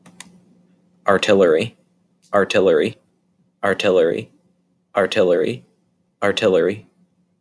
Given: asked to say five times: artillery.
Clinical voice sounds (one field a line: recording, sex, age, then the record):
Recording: repeated word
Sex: male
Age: 20 to 29 years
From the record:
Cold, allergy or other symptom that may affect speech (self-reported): no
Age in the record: 27 years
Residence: District of Columbia, United States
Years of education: 19